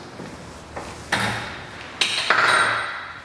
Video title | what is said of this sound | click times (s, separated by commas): Axelson Lathe Survey | so it's got a a heal plate that that drops in place you hear it clicking in that | 1.1 s, 2.0 s, 2.3 s